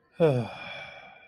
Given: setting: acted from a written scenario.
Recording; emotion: vocal sound without words; contentment